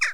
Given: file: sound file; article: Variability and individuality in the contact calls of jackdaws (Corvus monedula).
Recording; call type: jackdaw call; harmonic